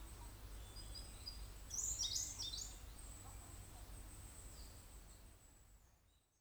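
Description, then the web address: Siberian blue robin song: faint thin notes lead into a brief, bright, high trill, then fading background hiss and low rumble. "nagaike koruri"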